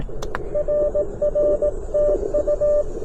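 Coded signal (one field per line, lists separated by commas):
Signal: Morse code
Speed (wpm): 21 wpm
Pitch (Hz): 590 Hz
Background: radio noise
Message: RRTU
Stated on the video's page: POTA park activation, QRP CW from a car with CFT1 QRP transceiver, Palm Pico Paddle, 17-foot whip antenna; includes a QRP-to-QRP contact.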